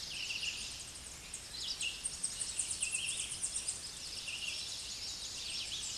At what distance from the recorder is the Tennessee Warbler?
about 45 m